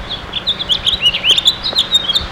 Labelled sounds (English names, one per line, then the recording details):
House Finch song
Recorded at Baldwin on Long Island, New York, on 28 May 2013
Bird I